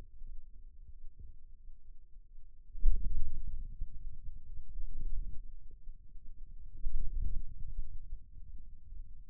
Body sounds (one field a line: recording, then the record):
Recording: forearm muscle sounds (acoustic myography)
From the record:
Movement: wrist flexion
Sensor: system 2, bracelet of six BSWA MPA416 microphones around the upper forearm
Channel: 2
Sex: male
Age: 22 years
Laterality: right